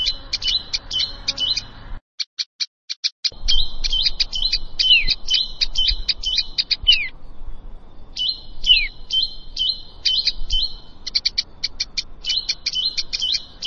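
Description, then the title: Plain prinia song: long bursts of quick, buzzy, repeated chirps with occasional down-slurred notes, pausing briefly between phrases, over low background rumble. "Ciblek Sawah"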